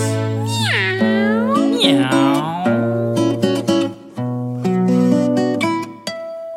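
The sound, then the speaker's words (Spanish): A series of high, sweeping cat-like meows with rising and falling pitch, set over a steady musical accompaniment with sharp rhythmic accents, continuing loudly for several seconds. “Dime miau, miau, miau, miau, miau, miau, miau, miau. Mi gatito, mi chifus.”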